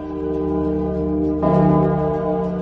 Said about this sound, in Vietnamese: Tiếng chuông thứ nhất đi qua, chúng đệ tử cảm thấy hoa mắt chóng mặt. Nhưng đúng lúc này, tiếng chuông lại tiếp tục lần thứ hai vang lên.